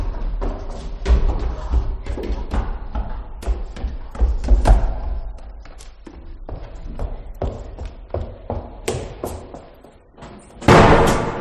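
A door is forced and burst open: a busy run of heavy thumps, bangs and rattling impacts, closing with a loud, sustained crash of noise. No one speaks.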